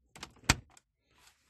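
A plastic trim clip is pushed by hand into the center console of a Megane 2, the same way as the previous one. A few light rustles lead to a sharp click at 0.5 s, then a small tick and a faint rustle. The clip snaps home and is seated.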